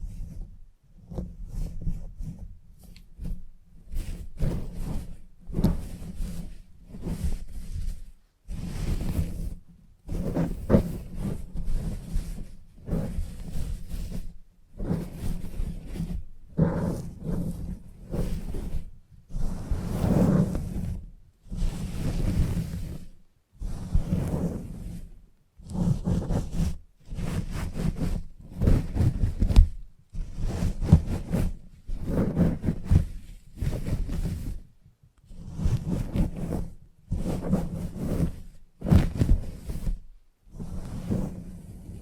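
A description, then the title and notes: Salon head massage and clipper work: short rubbing, swishing strokes repeat about every second or two across the whole clip, each with a low buzzing hum underneath, separated by brief quiet gaps. The rhythm stays steady, with a few louder strokes around twenty seconds. Salon Haircut Head Massage, Scissors and Clipper.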